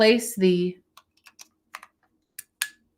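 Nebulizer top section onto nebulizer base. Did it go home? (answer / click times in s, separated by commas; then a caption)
yes / 2.6 s. Someone talks, then the plastic top section of a portable nebulizer is placed onto its base with a few light plastic taps and knocks. It is pushed down and clicks into place with a sharp click at 2.6 s, seating it.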